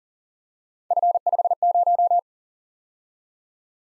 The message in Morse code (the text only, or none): F50